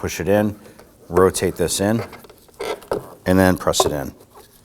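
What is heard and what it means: Someone talks while fitting the passenger-side plastic side reflector into the rear bumper cover of a 2003-2014 Volvo XC90, pushing it in, rotating it in, and pressing it toward its retaining clips. A few brief handling taps sound between the phrases. Nothing has seated or clicked yet.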